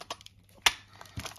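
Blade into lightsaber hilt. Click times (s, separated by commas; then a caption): 0.7 s. A replica lightsaber blade, threaded through the hilt, is pushed down until it clicks in, before it is screwed in place. Faint taps and rustles surround one sharp, bright click at 0.7 s, followed by a softer knock near 1.2 s. The blade is seated in the hilt.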